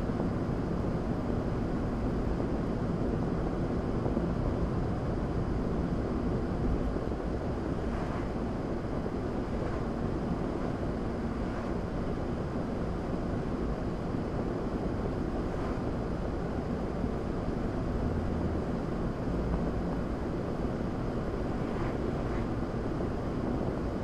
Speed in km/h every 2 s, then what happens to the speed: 69, 66, 66, 68, 71, 72, 74, 71, 72, 74, 76, 76.
0-5 steady at about 66. 5-11 speeds up to 74. 11-24 steady at about 74.